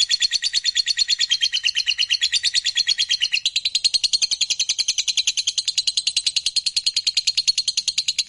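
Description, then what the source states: Lovebird delivering an unbroken, very fast buzzy trill of high rattling notes. Lovebird described as a fighter bird, gacor (singing energetically).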